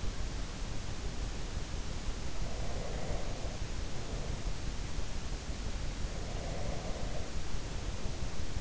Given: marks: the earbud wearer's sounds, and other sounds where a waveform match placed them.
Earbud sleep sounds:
sounds in sleep by an in-ear microphone; breath
2.47-4.43 s: breath
6.06-8.61 s: breath

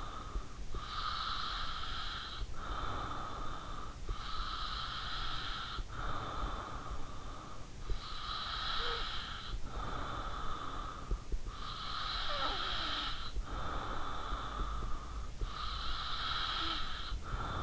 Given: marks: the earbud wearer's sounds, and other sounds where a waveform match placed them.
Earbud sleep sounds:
sounds in sleep by an in-ear microphone; breath
0.00-17.62 s: breath

